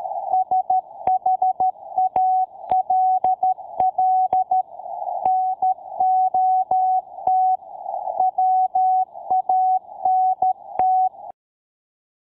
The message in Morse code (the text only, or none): SHALL NOT WANT